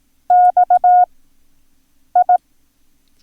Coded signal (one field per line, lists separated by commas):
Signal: Morse code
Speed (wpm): 18 wpm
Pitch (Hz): 720 Hz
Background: none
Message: XI